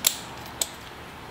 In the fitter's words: it snaps in place and then from there